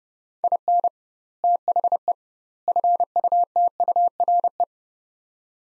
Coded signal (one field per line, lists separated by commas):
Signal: Morse code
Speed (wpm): 30 wpm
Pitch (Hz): 700 Hz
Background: none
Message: IN THE FUTURE